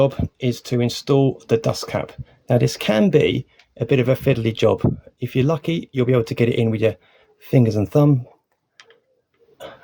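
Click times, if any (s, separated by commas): 8.8 s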